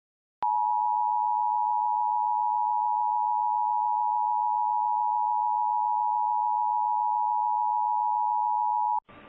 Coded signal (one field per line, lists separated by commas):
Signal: Emergency Alert System (SAME) tones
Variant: 853 and 960 Hz attention tone